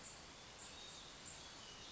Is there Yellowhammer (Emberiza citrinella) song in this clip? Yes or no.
no